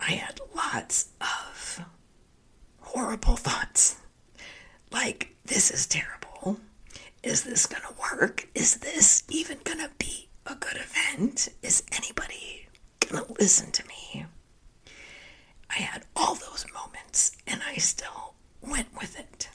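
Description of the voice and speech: Adult woman speaking in a breathy, largely whispered voice with little clear voicing and frequent pauses. Spasmodic dysphonia, which she is currently dealing with and working through, makes her sound like she has laryngitis.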